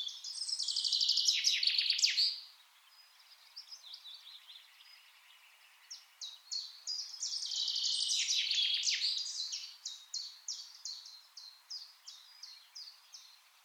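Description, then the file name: Common chaffinch song heard twice over a hissy background: quick descending trills with flourishes, followed by a run of evenly spaced short chirps. "Fringilla coelebs"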